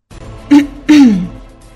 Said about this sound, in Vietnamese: Rốt cuộc thì Xà Vân cũng nhẹ nhàng ho khan một cái.